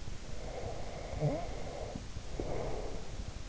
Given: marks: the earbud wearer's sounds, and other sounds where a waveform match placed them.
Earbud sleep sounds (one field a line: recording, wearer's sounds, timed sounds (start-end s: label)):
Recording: sounds in sleep by an in-ear microphone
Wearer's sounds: snoring breath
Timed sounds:
0.31-3.28 s: snoring breath